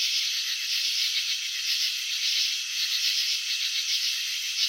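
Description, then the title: Cricket trilling, a dense high pulsing drone with faint rhythmic swells, with no other clear sounds. Crickets chirping, presented in a slow-motion video showing wing vibrations and antenna movements. "Crickets in Slow Motion 📷. Capturing the Elegance of Chirping"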